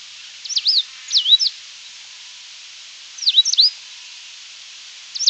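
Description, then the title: Coal-crested finch calling with high, slurred chirps in short groups of two or three notes, separated by brief pauses, over soft hiss. "LuckyPassaro Completos2Sama. Coal-crested Finch (Charitospiza eucosma)"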